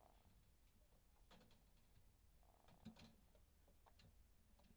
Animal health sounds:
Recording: poultry house recording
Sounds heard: sick chickens (respiratory disease)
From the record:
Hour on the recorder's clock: 22

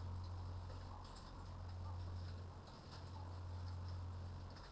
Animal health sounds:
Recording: poultry house recording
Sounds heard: sick chickens (respiratory disease)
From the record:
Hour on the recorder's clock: 19

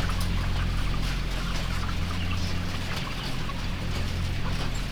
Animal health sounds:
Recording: poultry house recording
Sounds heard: healthy chickens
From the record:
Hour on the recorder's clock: 17

